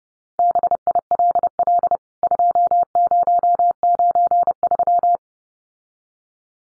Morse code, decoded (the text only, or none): BILL 2093